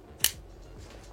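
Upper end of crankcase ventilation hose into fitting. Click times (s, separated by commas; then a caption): 0.2 s. The upper end of the crankcase ventilation (CCV) hose is pushed onto its plastic connection during intake manifold installation on a BMW E46 330. A single sharp, bright click sounds at 0.2 s over a quiet background. The hose end is clipped in and seated.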